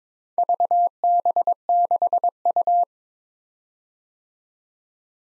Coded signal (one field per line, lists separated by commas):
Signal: Morse code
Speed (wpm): 22 wpm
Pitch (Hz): 700 Hz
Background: none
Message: VB6U